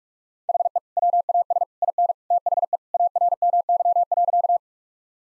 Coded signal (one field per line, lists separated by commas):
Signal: Morse code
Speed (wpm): 41 wpm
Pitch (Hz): 700 Hz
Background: none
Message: HE WAS IN THE ARMY.